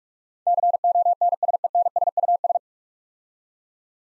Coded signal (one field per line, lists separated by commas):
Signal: Morse code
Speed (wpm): 44 wpm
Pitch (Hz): 700 Hz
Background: none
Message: CONSENSUS